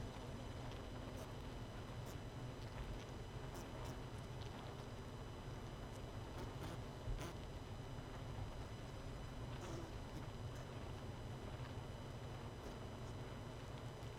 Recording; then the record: honeybee colony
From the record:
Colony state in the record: missing queen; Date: 31 May 2018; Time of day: 20:10